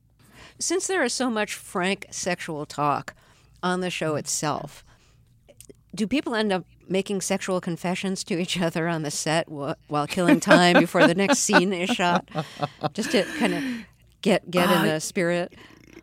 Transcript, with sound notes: Since there is so much frank sexual talk on the show itself, do people end up making sexual confessions to each other on the set...
(Laughing).
...While killing time before the next scene is shot, just to kind of get in the spirit?